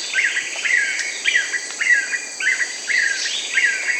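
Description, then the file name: Yellow-billed nunbird uttering repeated descending whistles, about two per second, against a persistent high-pitched insect drone. Peru and Ecuador. "Yellow-billed Nunbird (Monasa flavirostris), Peru, Ecuador"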